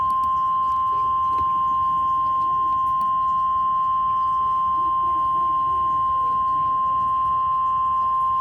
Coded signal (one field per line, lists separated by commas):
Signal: Emergency Alert System (SAME) tones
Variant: 1050 Hz attention tone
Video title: EAS/NWR Alert or message #489: Tornado Warning #3 (TOR-C)